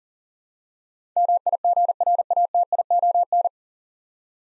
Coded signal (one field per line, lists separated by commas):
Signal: Morse code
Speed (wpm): 40 wpm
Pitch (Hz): 700 Hz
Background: none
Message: MIGRATION